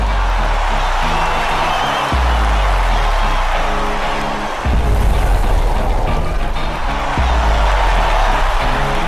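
Loud, dense rock music with a pounding low bass line shifting every couple of seconds, blended with the constant roar of a large cheering crowd at a rock concert at Agra Fort.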